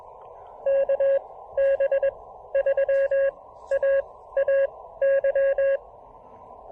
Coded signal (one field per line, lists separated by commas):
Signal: Morse code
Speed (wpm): 21 wpm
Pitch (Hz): 550 Hz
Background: none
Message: KB3AAY